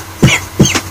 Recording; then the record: coughing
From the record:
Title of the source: Dry Coughing Fit in the Afternoon.